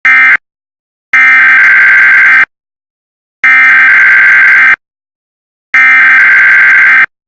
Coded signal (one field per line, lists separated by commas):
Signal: Emergency Alert System (SAME) tones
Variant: header bursts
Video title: Premiere #2: EAS Videos (MAYBE VALID TONES)